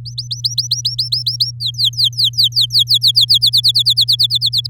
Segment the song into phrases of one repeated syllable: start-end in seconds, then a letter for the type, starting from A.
0.05-1.51 A, 1.60-3.38 B, 3.41-4.67 C